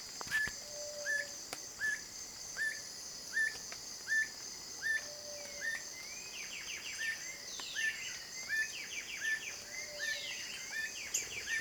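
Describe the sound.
Black bushbird song: a steady run of short, upslurred whistled notes, roughly one every 0.7 seconds, later overlapped by rapid descending twittery phrases, over a constant high insect drone.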